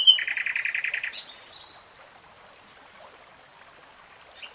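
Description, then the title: Nightingale song: an one-second rapid, buzzy rattle of repeated notes, then quiet with only faint high notes. Nightingale singing in real time. "[Tiếng chim hót] 3 Hours REALTIME Nightingale Singing"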